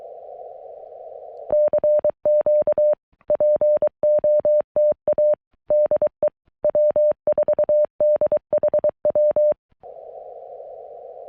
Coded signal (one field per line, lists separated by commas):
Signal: Morse code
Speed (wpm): 23 wpm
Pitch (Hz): 590 Hz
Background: none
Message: CQ POTA DE W4DHW